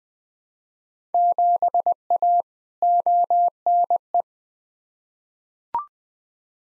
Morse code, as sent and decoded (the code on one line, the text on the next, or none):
--... .- / --- -. .
7A ONE